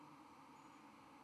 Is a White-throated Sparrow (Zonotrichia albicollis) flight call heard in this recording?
no